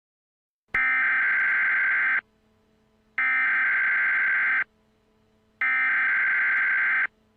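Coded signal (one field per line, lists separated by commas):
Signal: Emergency Alert System (SAME) tones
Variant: header bursts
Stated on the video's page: Fictional EAS scenario about extreme heat, a simulated alert rather than a real one.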